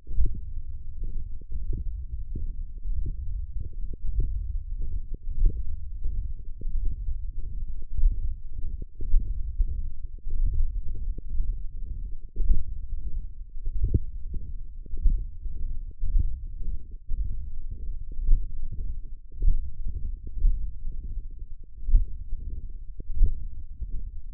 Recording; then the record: forearm muscle sounds (acoustic myography)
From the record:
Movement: hand closing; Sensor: system 1, eight BSWA MPA416 microphones around the upper forearm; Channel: 6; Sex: male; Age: 21 years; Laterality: right